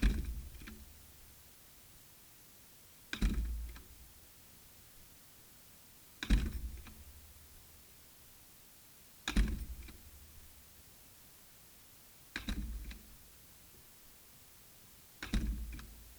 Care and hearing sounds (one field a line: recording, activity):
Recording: daily activity, guitar pickup as the sensor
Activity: manipulate door